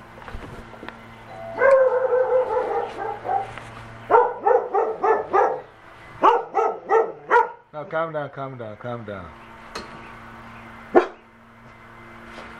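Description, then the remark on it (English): A dog barks and yips in repeated bursts, some high-pitched and whiny, forming an excited run of barks while a person speaks briefly in the background. “Oh, the dog is here. Let me get rid of the dog.”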